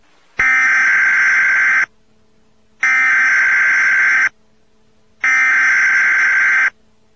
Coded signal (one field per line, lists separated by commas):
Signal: Emergency Alert System (SAME) tones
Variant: header bursts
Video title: ***EMERGENCY ACTION MESSAGE*** MISSING CHILDREN FRISCO, TX